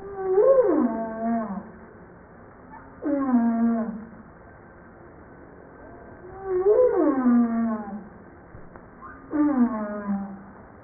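Humpback whale calls: harmonic moans that rise slightly then sweep downward, alternating with steep downsweeps, over a faint steady low hum.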